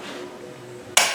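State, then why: Torque reached. A torque wrench set to 400, to allow for the roughly 10–20% loss through a 1-to-4 torque multiplier, is pushed to drive the multiplier on the axle planetary hub bolts of a Ponsse Buffalo. A low, steady hum runs until a sharp, bright metallic click at 1.0 s as the wrench breaks over. This confirms the bolt is tightened to the set torque.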